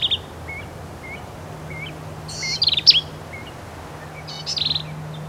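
Black-capped vireo song: short, varied phrases of high, harsh, stuttering notes, with soft whistled notes between, over a low steady hum.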